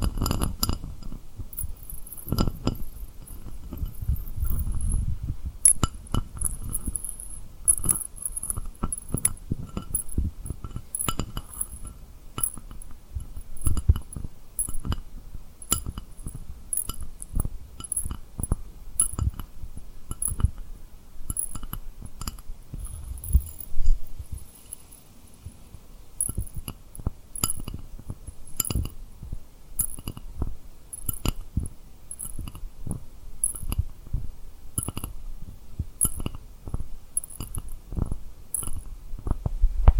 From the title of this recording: Tapping & Rubbing Rhinestone Lip Triggers